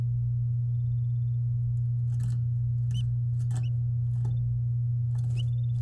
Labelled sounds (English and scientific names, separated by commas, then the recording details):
Domestic Canary (Serinus canaria) song
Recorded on 9 May 2018 at 12:20
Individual llb16